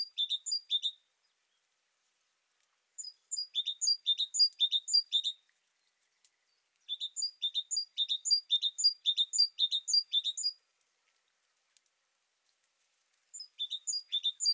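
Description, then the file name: Great tit delivering repeated bursts of bright, high chirping notes, separated by silent gaps of a couple of seconds. "Parus major"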